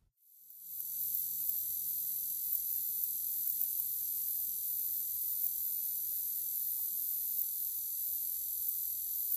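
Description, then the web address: Straight-lanced meadow katydid singing: a continuous, very high, hissing buzz that starts abruptly and runs without a break. Recorded in North America. "Songs of Insects. Straight-lanced Meadow Katydid"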